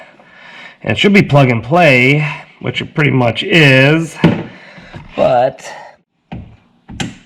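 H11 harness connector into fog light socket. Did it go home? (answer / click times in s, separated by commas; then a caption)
yes / 7.0 s. Someone talks while plugging an H11 wiring harness connector onto a new fog light socket on a 2021 Mitsubishi Mirage G4. The connector clicks into place at 7.0 seconds, and it is seated.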